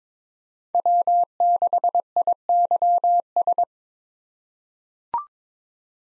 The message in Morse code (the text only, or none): W6IYS